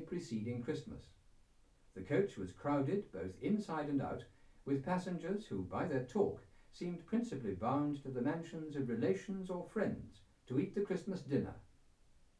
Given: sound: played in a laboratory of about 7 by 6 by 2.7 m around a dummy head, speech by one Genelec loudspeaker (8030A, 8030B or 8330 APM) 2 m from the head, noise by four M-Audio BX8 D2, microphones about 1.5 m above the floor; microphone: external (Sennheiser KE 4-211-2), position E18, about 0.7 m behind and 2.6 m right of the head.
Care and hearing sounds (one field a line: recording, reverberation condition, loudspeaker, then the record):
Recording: male speech in English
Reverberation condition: low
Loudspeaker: behind (180 degrees)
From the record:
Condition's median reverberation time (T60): about 310 ms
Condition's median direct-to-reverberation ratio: about 3.5 dB